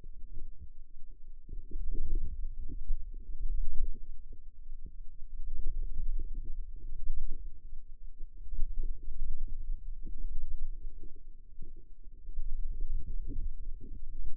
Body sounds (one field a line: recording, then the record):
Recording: forearm muscle sounds (acoustic myography)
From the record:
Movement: radial deviation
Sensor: system 2, bracelet of six BSWA MPA416 microphones around the upper forearm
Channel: 2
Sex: female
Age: 22 years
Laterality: right